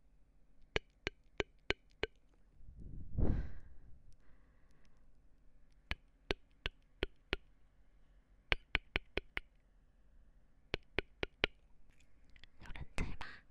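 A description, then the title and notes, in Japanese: Mouth sounds made as sharp clicks and pops, fired in quick even runs of four to six with short gaps between them. Around three seconds a low, breathy puff swells and fades, and near the end a burst of rougher, smacking noises closes the sequence. 戳戳你的眼睛 | 口腔音×視覺觸發 | MouthSounds | Visual Triggers | NO Talking。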